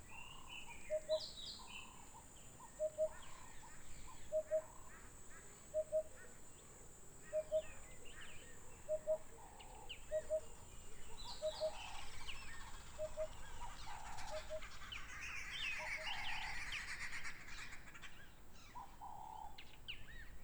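Birds call at Mmabolela Reserve in Limpopo, South Africa, with one bird repeating a short, mid-pitched double note about every one to one and a half seconds. Other chirps and brief whistles scatter around it, over a steady high hiss and faint low rumble.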